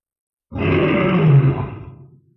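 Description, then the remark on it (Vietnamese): A red-furred creature, struck by a fist on the bridge of its nose, roars in pain with tears streaming: a deep, guttural roar bursts in abruptly and holds for nearly two seconds, rough and strained, before trailing off into a low groan. “Sinh linh lông đỏ gầm rú, nước mắt chảy dài, dù hắn có mạnh mẽ đến đâu thì khó lòng phòng ngự hết được.”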